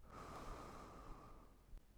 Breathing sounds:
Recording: one breath near a microphone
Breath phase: exhalation

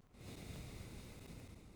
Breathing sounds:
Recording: one breath near a microphone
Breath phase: exhalation

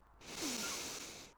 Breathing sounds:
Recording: one breath near a microphone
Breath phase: inhalation

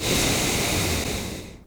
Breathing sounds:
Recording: one breath near a microphone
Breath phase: exhalation

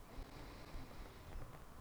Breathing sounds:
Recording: one breath near a microphone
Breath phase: inhalation

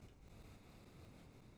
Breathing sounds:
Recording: one breath near a microphone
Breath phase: exhalation

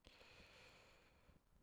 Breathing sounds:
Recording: one breath near a microphone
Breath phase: inhalation

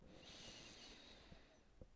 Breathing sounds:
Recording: one breath near a microphone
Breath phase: inhalation

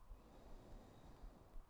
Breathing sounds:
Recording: one breath near a microphone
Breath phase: inhalation

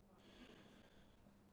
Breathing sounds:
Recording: one breath near a microphone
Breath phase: inhalation

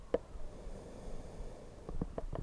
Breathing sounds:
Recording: one breath near a microphone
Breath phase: exhalation

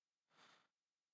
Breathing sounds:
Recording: one breath near a microphone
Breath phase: inhalation

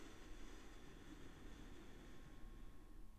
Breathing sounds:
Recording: one breath near a microphone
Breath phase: inhalation

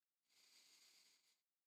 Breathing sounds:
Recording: one breath near a microphone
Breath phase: inhalation

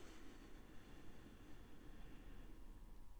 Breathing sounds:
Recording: one breath near a microphone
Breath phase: inhalation

